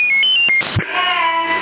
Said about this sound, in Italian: Aspetta, telefono! Quando mai ho un telefono?